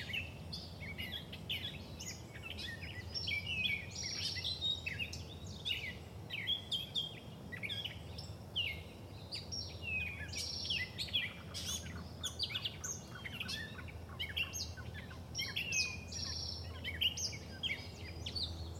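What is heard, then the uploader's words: Grey catbirds sing over one another without pause, a dense jumble of squeaky, mewing and chattering phrases in the high range. Other birds chirp now and then among them, while a steady low rumble of noise runs beneath the whole recording. Grey Catbirds Singing In SW Michigan. Recorded on a Sony PCM-D50, 96kHz/24bit. There are at least two Catbirds that can be heard vocalizing, calling over one another. The Catbird singing in the foreground can be heard best in the left channel, while the other is heard best in the right.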